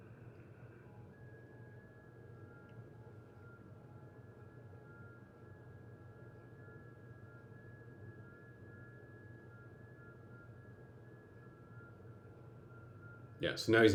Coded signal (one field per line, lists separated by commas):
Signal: FT8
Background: speech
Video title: Real time FT8 session on 20m (AKA Watching Paint Dry) #1